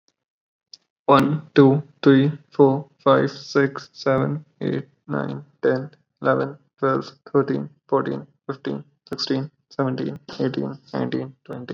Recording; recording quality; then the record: counting at a normal pace; excellent, no background noise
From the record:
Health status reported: exposed to COVID-19, no respiratory illness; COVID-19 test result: negative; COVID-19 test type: RT-PCR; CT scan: not taken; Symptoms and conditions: none ticked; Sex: male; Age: 22 years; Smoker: no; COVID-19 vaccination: both doses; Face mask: not worn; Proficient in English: yes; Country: India